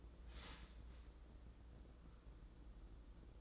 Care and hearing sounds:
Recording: daily activity, microphone in the room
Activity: start toaster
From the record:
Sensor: 3

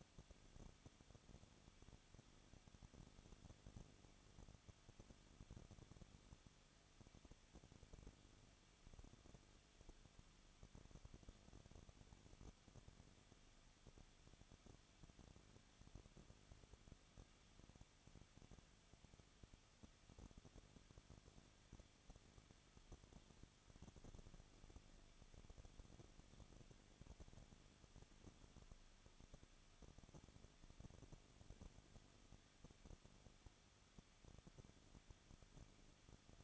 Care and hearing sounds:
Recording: daily activity, microphone in the room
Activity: no activity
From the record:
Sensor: 4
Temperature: 23.0 degrees Celsius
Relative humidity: 34.6%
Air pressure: 1007.2 hPa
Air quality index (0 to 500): 215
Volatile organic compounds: 15 ppm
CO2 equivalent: 2496 ppm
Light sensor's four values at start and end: 2/3/1/1 and 2/3/1/1

